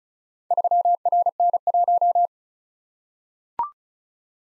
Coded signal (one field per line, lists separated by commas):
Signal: Morse code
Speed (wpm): 36 wpm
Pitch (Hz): 700 Hz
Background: none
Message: 3RN1